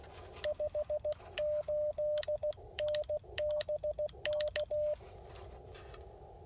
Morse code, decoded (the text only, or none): 58N BK